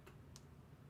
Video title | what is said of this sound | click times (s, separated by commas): Lets fix things! PCE GT and maybe Lynx II | Heard that snap, which usually means the so-called seal is broken. | 0.4 s